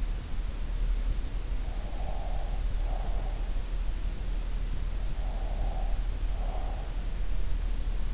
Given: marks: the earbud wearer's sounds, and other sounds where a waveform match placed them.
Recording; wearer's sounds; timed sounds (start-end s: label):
sounds in sleep by an in-ear microphone; breath
1.61-3.42 s: breath
5.36-6.91 s: breath